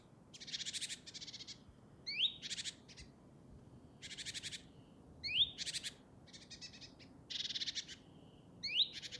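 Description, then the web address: Great tit scolding calls: rasping rattling churrs, several introduced by a sharp upward note, repeated irregularly throughout. "SETE Parus major"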